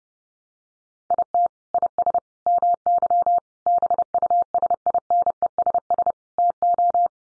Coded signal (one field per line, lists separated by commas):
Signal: Morse code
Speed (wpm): 30 wpm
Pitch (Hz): 700 Hz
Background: none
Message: IT IS MY BUSINESS TO